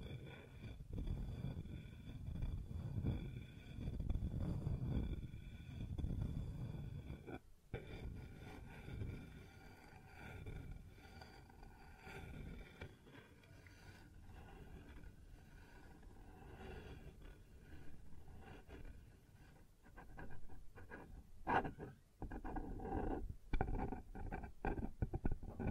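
Sounds on a wooden surface: low rumbling scrapes and knocks, a sudden break near 7 seconds, then sharper clustered taps toward the end.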